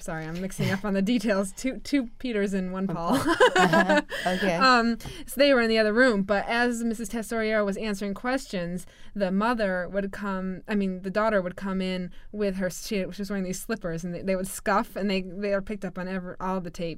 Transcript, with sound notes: Sorry, I'm mixing up on the details. Two Peters and one Paul. (they laugh)
Okay.
So they were in the other room. But as Mrs. Tesoriero was answering questions, the mother would come, I mean the daughter would come in with her, she was wearing these slippers and they would scuff and they, they are picked up on every, all the tapes.